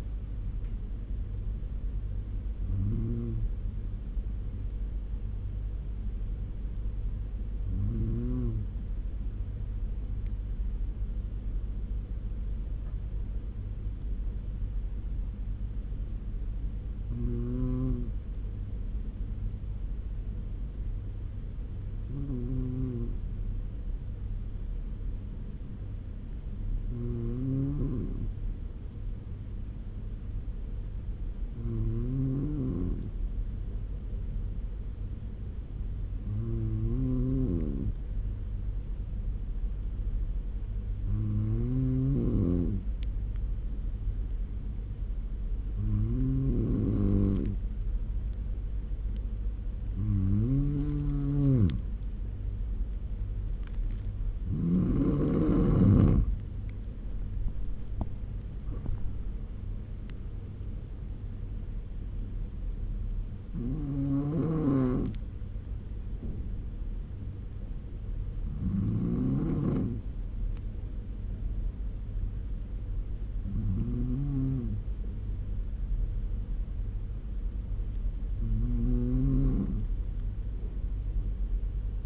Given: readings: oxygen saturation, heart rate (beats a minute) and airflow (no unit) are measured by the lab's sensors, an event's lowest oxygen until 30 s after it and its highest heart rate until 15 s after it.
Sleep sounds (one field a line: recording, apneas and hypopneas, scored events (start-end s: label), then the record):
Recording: breathing in sleep by a smartphone at the bedside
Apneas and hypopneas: 1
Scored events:
7.00-30.10 s: hypopnea (N1, oxygen 96% highest, then 93% lowest, heart rate 71 at the start, 75 highest)
10.00-82.06 s: new sleep stage, N2 (light sleep)
From the record:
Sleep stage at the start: N1 (lightest sleep)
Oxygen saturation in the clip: 93 to 96%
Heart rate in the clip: 69 to 81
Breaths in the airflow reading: 17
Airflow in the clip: -9.3 to 12.8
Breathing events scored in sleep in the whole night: 201 in 6.5 hours asleep